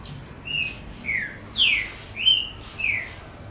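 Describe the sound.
Double-collared seedeater song: five clear whistled notes, mostly slurring downward, spaced about half a second apart over quiet background hiss.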